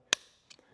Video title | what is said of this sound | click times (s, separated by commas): NEW Sailrite Snap Tool - The HandySnap® Tool | We're going to put the stud die on, snaps | 0.1 s